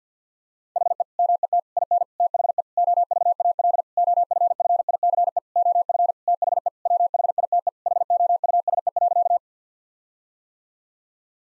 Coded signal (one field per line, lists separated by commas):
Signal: Morse code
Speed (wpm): 50 wpm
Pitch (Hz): 700 Hz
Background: none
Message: HE MET IN THE OVAL OFFICE OF THE WHITE HOUSE.